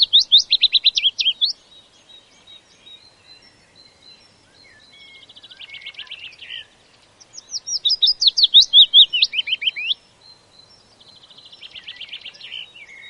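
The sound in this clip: Willow warbler singing two phrases of clear slurred notes several seconds apart, with softer high trills in between and after.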